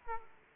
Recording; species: mosquito wingbeat signal from an infrared sensor; Aedes aegypti